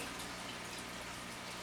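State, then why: Not seated. A nylon rod end on an RC suspension link is lined up over its pivot ball with finger pressure, just before it is snapped home. A steady, broadband rushing noise, like running water, fills all 1.7 seconds at an even level. Nothing has seated or clicked yet.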